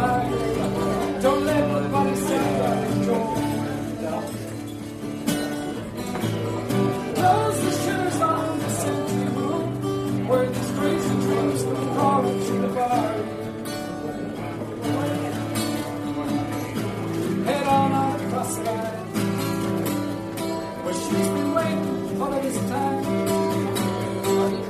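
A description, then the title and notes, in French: A lively bar atmosphere, with music playing steadily throughout and a full, warm low end. Frequent short clatters and bursts of crowd noise rise over it, and the overall level stays even and busy from start to finish. Kerry's bar a théme une chouette ambiance dans ce bar !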